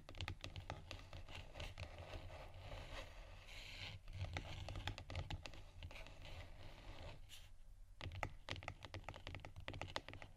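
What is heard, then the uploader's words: Scratching and tapping on textured surfaces, a steady run of dense scraping and rubbing strokes with frequent sharp taps scattered throughout. A low, constant rumble sits underneath, and brief lulls occur near 4 and 8 seconds before the scratching resumes. ASMR Scratchingtapping On Textures（No Talking）.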